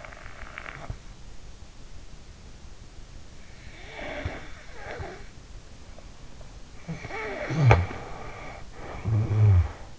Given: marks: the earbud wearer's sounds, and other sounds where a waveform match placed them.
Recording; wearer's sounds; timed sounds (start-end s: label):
sounds in sleep by an in-ear microphone; snoring breath
0.00-0.99 s: snoring breath
3.90-5.35 s: snoring breath
6.80-9.93 s: snoring breath